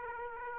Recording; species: mosquito wingbeat signal from an infrared sensor; Aedes aegypti